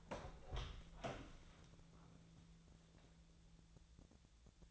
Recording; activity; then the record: daily activity, microphone in the room; open door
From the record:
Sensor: 3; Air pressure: 1000.4 hPa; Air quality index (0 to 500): 178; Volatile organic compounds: 4 ppm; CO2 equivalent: 1547 ppm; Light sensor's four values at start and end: 14/33/14/14 and 14/33/14/14